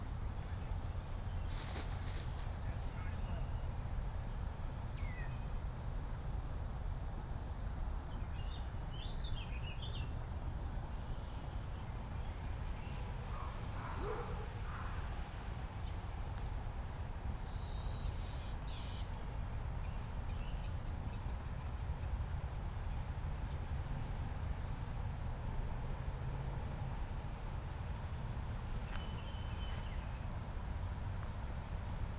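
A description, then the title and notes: Outdoors in a wetland park, thin high bird chirps repeat every few seconds over a steady low rumble, with a brief louder knock near fourteen seconds. A walk through the Wilma H. Schiermeier Olentangy River Wetland Research Park.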